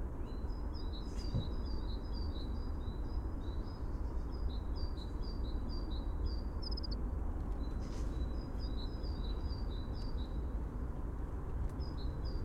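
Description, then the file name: Dunnock producing runs of thin, high alternating notes, pausing briefly between runs, over a persistent loud low rumble. "Prunella modularis - Dunnock"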